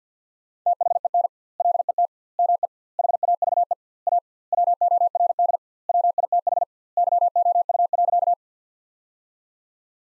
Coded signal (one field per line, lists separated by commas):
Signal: Morse code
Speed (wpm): 50 wpm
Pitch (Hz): 700 Hz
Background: none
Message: THEN LET ME HAVE A WORD WITH YOU.